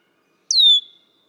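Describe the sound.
Red-winged blackbird giving a single high, clear whistled note that slurs steeply downward and trails off, with silence around it.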